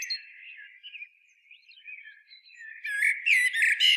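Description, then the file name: Common blackbird giving soft, wavering whistled notes at first, then a louder cluster of harsh, squeaky chattering notes toward the end. "Turdus merula"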